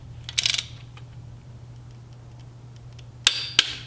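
A 3/8 in click-type torque wrench set to 19 ft-lb tightens a spark plug into the aluminium cylinder head of a Mini Cooper JCW. Short metallic ratcheting taps come near 0.4–0.6 s, then a sharp metallic click at 3.3 s as the wrench breaks over at spec, followed by another click near 3.6 s over a steady low hum.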